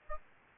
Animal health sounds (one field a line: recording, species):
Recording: mosquito wingbeat signal from an infrared sensor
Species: Aedes albopictus